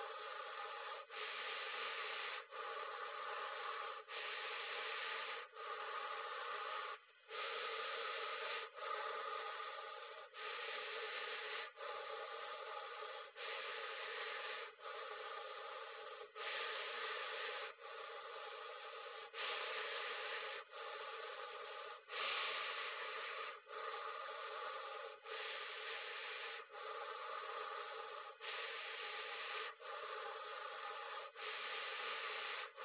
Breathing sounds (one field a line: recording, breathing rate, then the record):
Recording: paced breathing near a phone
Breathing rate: 20 breaths a minute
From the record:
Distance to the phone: 20 cm